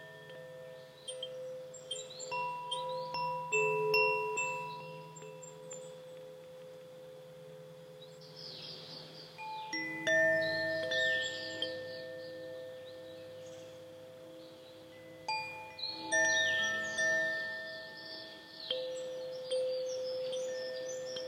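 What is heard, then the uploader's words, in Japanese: Wind chimes ring in gentle, irregular clusters, with fresh flurries of bright, overlapping tones around ten and sixteen seconds. Between bursts, several pure notes hang and slowly fade, layered over a soft low hum, while quick high tinkles sparkle above. KOSHI CHIME風鈴。你可以在風鈴的共鳴管內部看見八根精準校音的含銀音柱焊接在金屬共振盤上。由G、C、E、F、G、C、E、G調所組成。不到6點的時間就進入森林裡。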